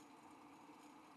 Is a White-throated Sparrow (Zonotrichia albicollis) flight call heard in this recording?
no